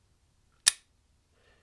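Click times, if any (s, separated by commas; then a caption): 0.7 s. A steel socket from a Craftsman V-Series 3/8-in drive metric shallow socket set is pushed onto a 3/8-in locking extension bar without pulling the lever. The spring arm kicks down and snaps the socket into place with one sharp metallic click at 0.7 s. The socket is seated and locked onto the extension bar.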